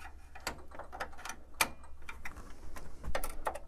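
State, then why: Not seated. A plastic peg is pressed repeatedly into its mounting hole during reassembly of an HP Designjet 500/800 wide-format printer after a belt replacement. Light plastic ticks and scrapes are heard throughout, with the sharpest tap at about 1.6 s over a low steady hum. The peg has not popped in or clicked into place yet.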